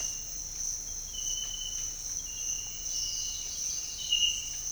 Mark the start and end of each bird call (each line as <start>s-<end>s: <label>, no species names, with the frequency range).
2.79s-4.32s: bird call (3.6-6.6 kHz)